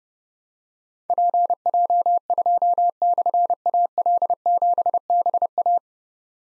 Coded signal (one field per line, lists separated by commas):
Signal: Morse code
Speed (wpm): 30 wpm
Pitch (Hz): 700 Hz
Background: none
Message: PJ2/AL7BA